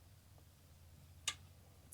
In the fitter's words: it must have clicked what I was talking cuz it's in there nice and snug